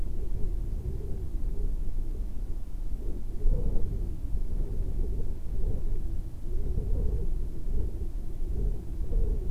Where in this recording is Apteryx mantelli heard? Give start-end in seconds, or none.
none